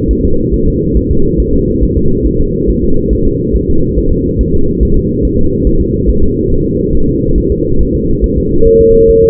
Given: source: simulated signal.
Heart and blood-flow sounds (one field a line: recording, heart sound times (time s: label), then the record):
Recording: fetal heart sounds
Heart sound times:
0.11 s: S1
0.25 s: S2
0.54 s: S1
0.68 s: S2
0.97 s: S1
1.11 s: S2
1.40 s: S1
1.54 s: S2
1.83 s: S1
1.97 s: S2
2.26 s: S1
2.41 s: S2
2.70 s: S1
2.84 s: S2
3.13 s: S1
3.27 s: S2
3.56 s: S1
3.70 s: S2
3.98 s: S1
4.12 s: S2
4.41 s: S1
4.55 s: S2
4.83 s: S1
4.97 s: S2
5.25 s: S1
5.39 s: S2
5.67 s: S1
5.81 s: S2
6.09 s: S1
6.23 s: S2
6.52 s: S1
6.66 s: S2
6.95 s: S1
7.09 s: S2
7.38 s: S1
7.52 s: S2
7.81 s: S1
7.95 s: S2
8.24 s: S1
8.38 s: S2
8.67 s: S1
8.81 s: S2
9.09 s: S1
9.24 s: S2
From the record:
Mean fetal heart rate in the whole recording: 140 bpm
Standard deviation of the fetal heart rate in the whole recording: 2 bpm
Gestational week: 34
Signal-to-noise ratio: -17.7 dB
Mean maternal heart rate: 72 bpm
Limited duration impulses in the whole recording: present